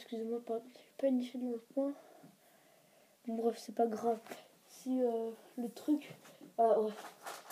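A plastic Lego Star Wars brick piece is handled over a toy base model while someone talks throughout. The piece has not seated or clicked into place yet.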